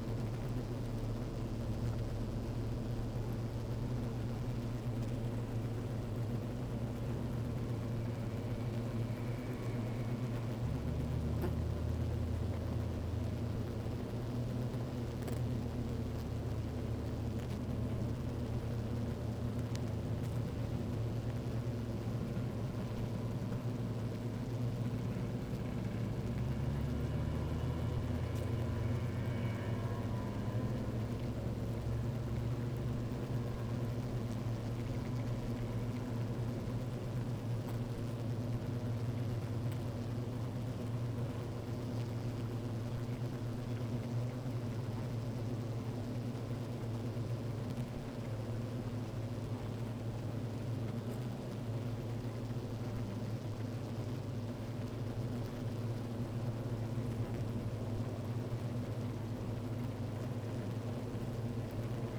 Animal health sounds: honeybee colony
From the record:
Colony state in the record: active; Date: 28 July 2017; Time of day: 12:55

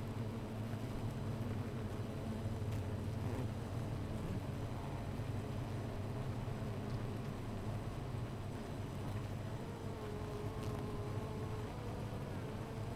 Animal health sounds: honeybee colony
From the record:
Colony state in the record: missing queen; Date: 14 July 2017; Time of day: 13:59

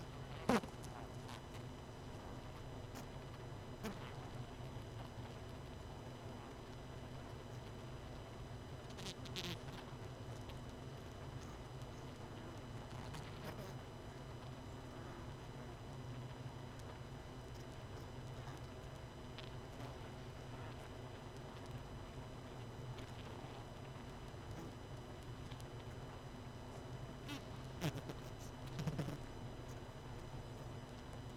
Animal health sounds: honeybee colony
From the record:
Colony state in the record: missing queen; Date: 31 May 2018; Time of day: 21:27

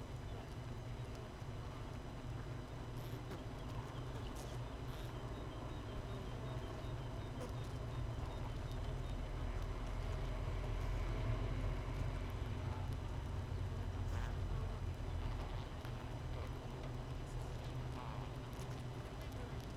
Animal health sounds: honeybee colony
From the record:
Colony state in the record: missing queen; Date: 31 May 2018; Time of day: 6:06

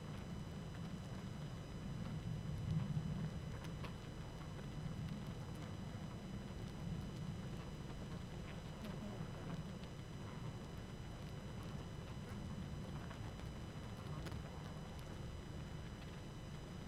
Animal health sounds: honeybee colony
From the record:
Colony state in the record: active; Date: 12 June 2018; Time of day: 20:14

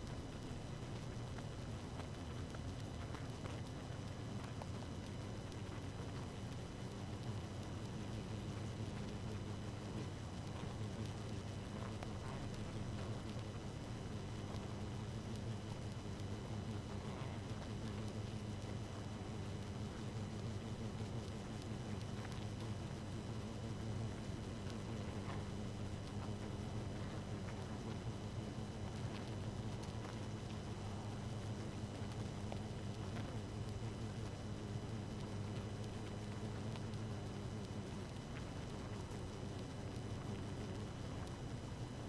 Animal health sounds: honeybee colony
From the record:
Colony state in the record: active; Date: 12 June 2018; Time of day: 0:26

